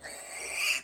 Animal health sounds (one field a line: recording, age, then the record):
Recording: pig call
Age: piglet (1 to 25 days)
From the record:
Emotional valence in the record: negative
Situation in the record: castration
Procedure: castration, fixation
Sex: male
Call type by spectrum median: high-frequency call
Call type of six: high-frequency modulated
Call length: 0.83 s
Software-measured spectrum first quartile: 2435 Hz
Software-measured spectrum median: 3465 Hz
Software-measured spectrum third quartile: 6848 Hz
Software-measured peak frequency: 2622 Hz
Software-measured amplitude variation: 107 dB a second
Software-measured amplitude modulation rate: 24.6 a second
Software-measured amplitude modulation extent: 4.4 dB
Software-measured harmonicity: 4.3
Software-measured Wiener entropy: -2.01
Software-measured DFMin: 1362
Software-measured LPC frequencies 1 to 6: 820, 2435, 2766, 4623, 5707, 6812 Hz